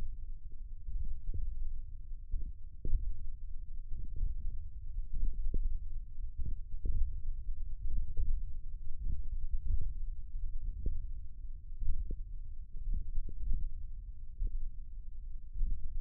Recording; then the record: forearm muscle sounds (acoustic myography)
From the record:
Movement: thumb flexion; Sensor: system 1, eight BSWA MPA416 microphones around the upper forearm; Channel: 6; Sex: male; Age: 20 years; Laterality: left